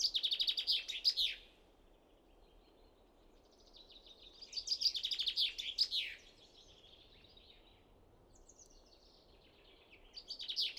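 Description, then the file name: Common chaffinch song phrases repeated: the end of one trill, a full descending rattle with flourish, a faint later phrase, and another beginning at the close. "Fringilla coelebs"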